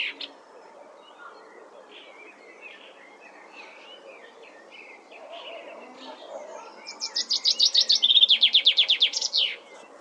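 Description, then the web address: Common chaffinch: faint bird twitters are followed by a common chaffinch song, a loud quick trill falling in pitch and ending in a short flourish. "Deverinetal"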